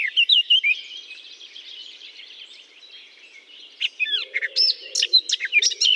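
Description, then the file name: Eurasian blackcap singing a quiet, scratchy warble for four seconds, then breaking into louder, clear fluty notes, with a soft low humming band underneath the later part. Singing from a holly bush. "chant de fauvette a tete noire dans houx"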